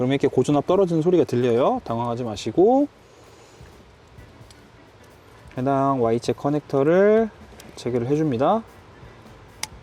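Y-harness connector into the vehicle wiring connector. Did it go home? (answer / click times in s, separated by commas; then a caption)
yes / 9.6 s. A plastic Y-harness wiring connector is mated into the vehicle wiring connector during a dashboard display install. Someone talks for most of the clip over faint music. Near the end a sharp click is heard at 9.6 s as the connector seats.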